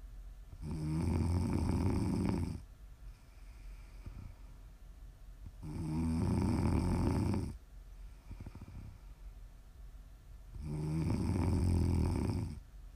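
Three loud, low-pitched rattling snores come about every five seconds, roughly 12 breaths a minute, each lasting about two seconds. Quieter breathing fills the gaps between them. This is steady, rhythmic snoring during sleep.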